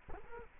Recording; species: mosquito wingbeat signal from an infrared sensor; Culex quinquefasciatus